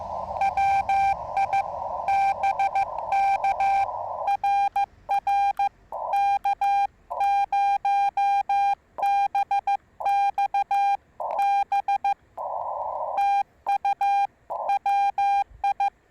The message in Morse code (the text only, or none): WI BK RR K0BXB TU WI